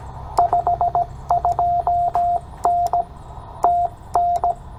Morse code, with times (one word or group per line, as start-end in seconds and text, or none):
0.4-3.0 52N
3.6-4.5 TN